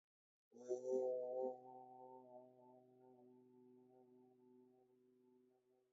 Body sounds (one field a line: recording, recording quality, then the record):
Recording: sustained vowel as in boot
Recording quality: excellent, no background noise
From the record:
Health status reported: healthy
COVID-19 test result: negative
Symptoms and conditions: none ticked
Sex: male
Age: 28 years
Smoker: not ticked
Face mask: not worn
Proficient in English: yes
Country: India